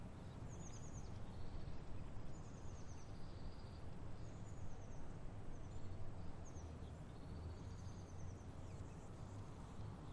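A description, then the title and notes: Birds chirp in the late morning, their short high calls and trills recurring every second or two over a steady, dense low rumble like traffic. The background roar stays constant throughout, and the bird calls sound thin. Birds Chirping in the Late Morning. A lazy late morning at an empty park.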